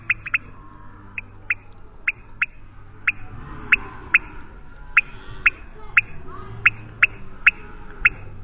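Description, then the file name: Pointedbelly frog calling with short, sharp clicking notes, often in quick pairs, repeated irregularly over a low hum. "Leptodactylus podicipinus"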